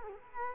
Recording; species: mosquito wingbeat signal from an infrared sensor; Culex quinquefasciatus